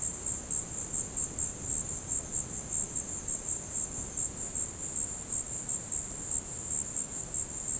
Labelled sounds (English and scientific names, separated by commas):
none